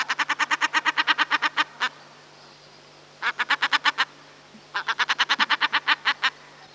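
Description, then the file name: Common shelduck giving three rapid runs of harsh, nasal cackling notes, separated by short pauses. "Common Shelduck (Tadorna tadorna)"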